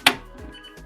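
A plastic ink cartridge is pulled down and out of the carriage of a Canon PIXMA TR4551 printer, giving one sharp click at 0.1 seconds. Faint low rustling follows as the cartridge unlatches and comes free, and it is released.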